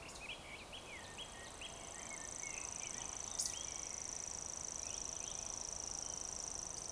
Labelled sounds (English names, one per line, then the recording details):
Eurasian Woodcock whistle
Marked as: whistle, whistle, whistle
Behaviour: display flight
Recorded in Baden-Württemberg, Germany, on 12 June 2020 at 19:34 UTC
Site 43791, 788 m above sea level